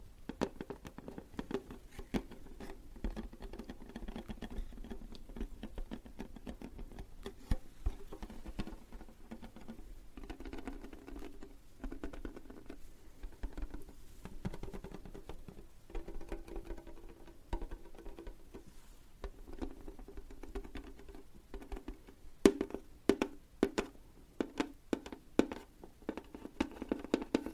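Tapping runs through the whole recording as a dense, irregular patter of light, quick clicks, like fingertips or small objects striking a surface. Beneath it sits a low, steady murmur. Sharper, louder taps stand out after about 22 seconds.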